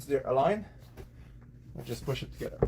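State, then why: Not seated. Someone talks while the third recliner's metal connecting bracket is lined up with the receiving bracket on the adjacent recliner of a Valencia Tuscany Console 2025 home theater seating row, ready to be pushed together. A few faint knocks of handling sound under the voice, but nothing has seated or clicked yet.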